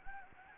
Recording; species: mosquito wingbeat signal from an infrared sensor; Anopheles gambiae